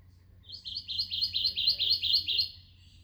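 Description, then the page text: Kentucky warbler song: a rolling series of about ten rich two-note phrases, repeated quickly over two seconds, steady in pitch, against a low background hum. Recorded in Maryland. "Kentucky Warbler"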